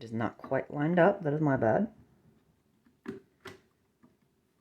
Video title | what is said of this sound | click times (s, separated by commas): how to build a PC. | there you go little snap nothing big | 3.1 s, 3.5 s